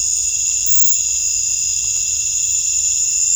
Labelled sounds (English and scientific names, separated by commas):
none